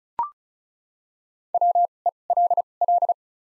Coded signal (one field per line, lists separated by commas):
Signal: Morse code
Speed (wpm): 36 wpm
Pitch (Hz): 700 Hz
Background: none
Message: WELL